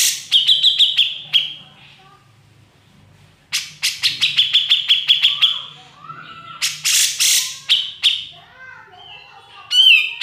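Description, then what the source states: Grey-cheeked bulbul song: fast bursts of sharp, clicking notes over a steady high whistle, repeated in phrases separated by short pauses. Song used to tutor other birds.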